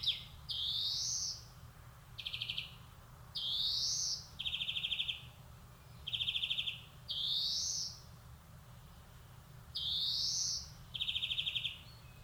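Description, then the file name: European greenfinch singing: drawn-out nasal wheezes that sweep upward, alternating with short, even trills, repeated throughout. "Chloris chloris"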